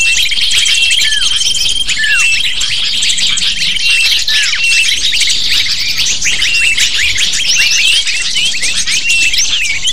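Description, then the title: Lovebirds in full chorus, with dense shrill chirping and downward squeaks, and a thin steady tone during the first two seconds. Calls used as a lure (pikat) to attract lovebirds. "PIKAT BURUNG LOVEBIRD"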